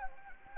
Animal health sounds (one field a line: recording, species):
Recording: mosquito wingbeat signal from an infrared sensor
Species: Anopheles gambiae